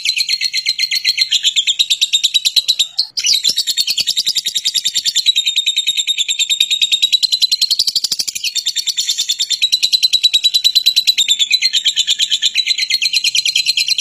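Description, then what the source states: Lovebird in prolonged chatter, a steady rattling stream of shrill rapid notes throughout, with a brief hitch about three seconds in. Long continuous chatter, called ngekek panjang.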